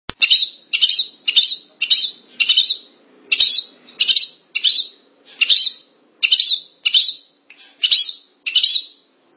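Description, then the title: Long-tailed shrike song: a steady series of short, harsh notes, each with a ringing whistled edge, over a quiet background. "Kicau Burung Pentet"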